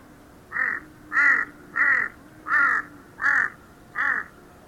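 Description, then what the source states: Crow giving six harsh, nasal caws in a steady series. Tibetan crow recorded in Nepal.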